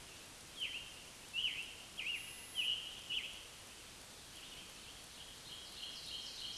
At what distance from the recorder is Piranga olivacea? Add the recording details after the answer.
about 55 m. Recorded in a Pennsylvania forest on 1 June 2023 at 08:07. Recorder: AudioMoth, point grid3_36_high. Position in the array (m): 162 m, 144 m